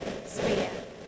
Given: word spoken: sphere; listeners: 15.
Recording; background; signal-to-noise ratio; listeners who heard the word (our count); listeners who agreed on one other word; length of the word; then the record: one English word in noise, from a listening test; noise modulated by three-talker babble; -5.4 dB; 3 of 15; 10 of 15; 0.68 s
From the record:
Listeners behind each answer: 10, 3, 2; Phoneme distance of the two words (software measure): 10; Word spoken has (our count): 1 syllable, 3 phonemes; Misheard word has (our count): 1 syllable, 3 phonemes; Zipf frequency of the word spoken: 3.68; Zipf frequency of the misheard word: 3.42